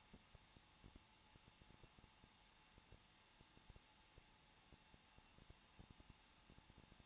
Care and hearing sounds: daily activity, microphone in the room; no activity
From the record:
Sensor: 1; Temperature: 20.1 degrees Celsius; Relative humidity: 39.4%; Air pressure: 1006.4 hPa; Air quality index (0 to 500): 220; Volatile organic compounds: 83 ppm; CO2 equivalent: 3630 ppm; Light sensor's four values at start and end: 1/2/1/1 and 1/2/1/1

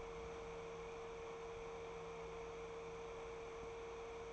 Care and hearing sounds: daily activity, microphone in the room; open fridge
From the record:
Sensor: 1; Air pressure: 1014.9 hPa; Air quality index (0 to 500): 192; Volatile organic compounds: 21 ppm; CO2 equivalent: 2728 ppm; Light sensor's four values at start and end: 11/26/10/12 and 11/26/10/12

